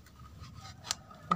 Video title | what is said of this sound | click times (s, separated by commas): CARA PASANG BUSA HELM INK CENTRO | terkunci gini ya nanti takutnya lepas | 0.9 s, 1.3 s